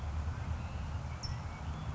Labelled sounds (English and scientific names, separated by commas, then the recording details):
California Towhee (Melozone crissalis)
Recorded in Sonoma County, California